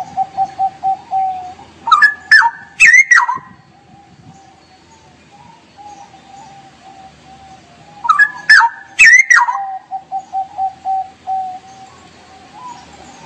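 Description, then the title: Straw-headed bulbul singing two loud bubbling phrases of fluty, swooping notes about six seconds apart. Song-tutoring recording for caged birds; song style called ropel gacor. "mster Mnuk. Masteran Burung CUCAK ROWO. Cucak Rowo Ropel Gacor"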